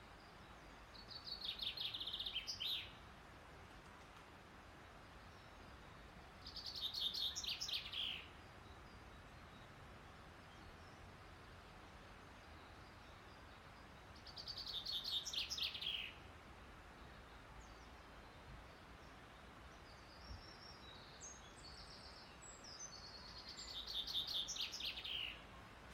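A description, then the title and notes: A chaffinch sings its descending cascade of notes, four bright phrases spaced several seconds apart, each lasting about two seconds and tumbling downward to a flourish. Between songs a steady, soft outdoor hiss fills the background, with faint calls near the end. Chaffinch in the Lake District, Easter 2023. Notice the descending cascade of notes!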